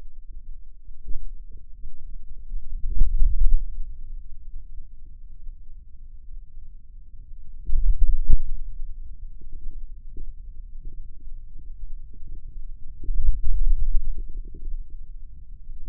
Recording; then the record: forearm muscle sounds (acoustic myography)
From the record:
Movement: hand opening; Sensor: system 2, bracelet of six BSWA MPA416 microphones around the upper forearm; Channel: 6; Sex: male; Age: 22 years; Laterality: right